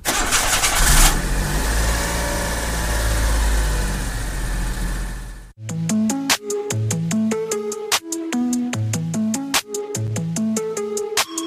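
A car engine cranks and catches with a short noisy burst, then settles into a steady, low idling rumble for several seconds before music with bright, rhythmic notes takes over.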